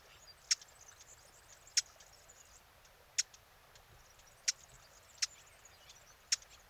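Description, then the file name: Eurasian blackcap calling with hard tack notes, six sharp clicks spaced roughly a second apart against a quiet background. "Sylvia atricapilla"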